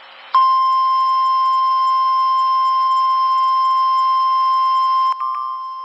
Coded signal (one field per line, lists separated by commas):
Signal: Emergency Alert System (SAME) tones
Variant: 1050 Hz attention tone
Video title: Severe Thunderstorm Warning Norman,OK EAS#37